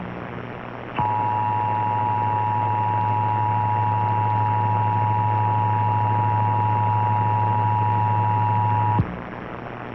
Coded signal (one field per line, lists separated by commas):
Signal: Emergency Alert System (SAME) tones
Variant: 853 and 960 Hz attention tone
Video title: EAS 3292-3296: Pennsylvania Required Monthly Test for May 2022